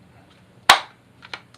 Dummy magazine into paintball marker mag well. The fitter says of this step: that locks in place and then